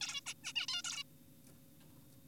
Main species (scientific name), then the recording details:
Taeniopygia guttata. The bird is an adult. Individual g4p5U